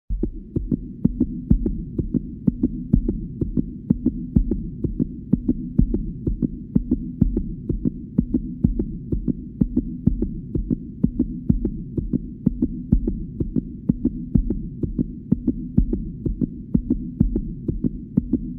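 A fast, steady run of low, dull thumps repeats without pause over a faint steady hum: a rapid, regular heartbeat, consistent with tachycardia.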